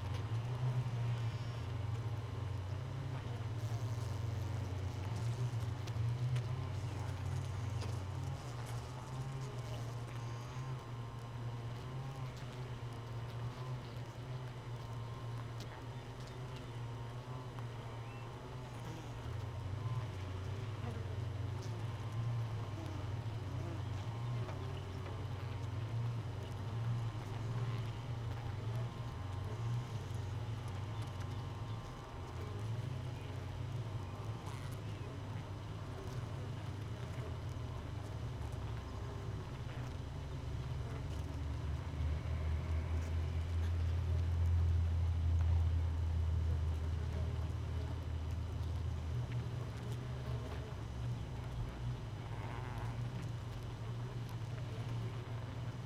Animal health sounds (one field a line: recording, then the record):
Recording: honeybee colony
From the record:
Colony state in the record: missing queen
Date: 31 May 2018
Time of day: 5:02